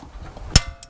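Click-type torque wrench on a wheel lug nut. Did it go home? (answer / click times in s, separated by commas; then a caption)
yes / 0.6 s. A click-type torque wrench tightens a steel wheel lug nut on an Acura after its front brake rotors were replaced. A sharp, loud click at 0.6 s shows the wrench reaching its setting, followed by a fainter tick near 0.8 s. The nut is confirmed tight enough.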